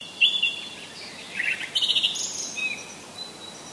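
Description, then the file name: Common blackbird song phrase: a few short fluty notes, a brief warble, then a thin high squeaky twitter at the end. "svarttrost"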